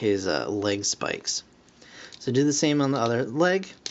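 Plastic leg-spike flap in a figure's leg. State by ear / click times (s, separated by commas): not seated / none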